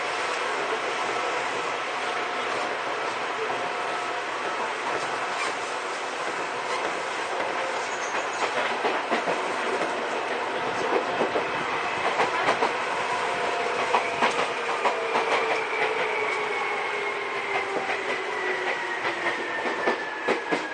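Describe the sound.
A Seibu old 2000 series train runs along the Seibu-Shinjuku to Hon-Kawagoe line, its steady rumble filled with dense rattling and frequent clicks. From about fourteen seconds, a motor whine slides steadily downward as the train slows.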